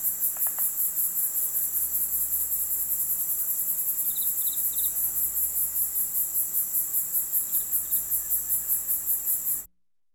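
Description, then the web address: Crickets keep up a continuous high, rapidly pulsed chorus, with a few soft bird notes in the background, before the sound cuts off near the end. Quiet night ambience in a residential country area, with birds in the background. "country ambience quiet night ambience crickets birds in bg residential"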